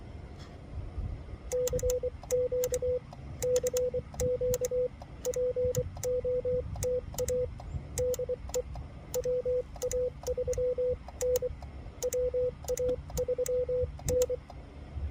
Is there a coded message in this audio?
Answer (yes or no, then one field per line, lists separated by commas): yes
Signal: Morse code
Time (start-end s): 1.5-14.4 s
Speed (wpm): 23 wpm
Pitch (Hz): 500 Hz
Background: radio noise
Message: CQ CQ POTA DE WA3N WA3N